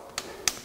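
A torque wrench is put on the oil pump mounting bolt of a Chrysler FWD 3.2/3.6 engine to check its torque against witness marks. Three short, sharp clicks are heard at about 0.2, 0.5 and 0.7 seconds, with the loudest at 0.5 seconds. The wrench clicks at its 106 inch-pound setting at 0.5 seconds, confirming the torque.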